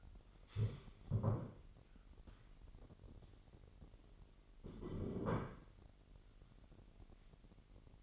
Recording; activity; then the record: daily activity, microphone in the room; stand up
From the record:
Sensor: 4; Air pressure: 999.3 hPa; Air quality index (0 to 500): 111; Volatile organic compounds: 2 ppm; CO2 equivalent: 1095 ppm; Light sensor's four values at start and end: 11/26/10/11 and 11/26/10/11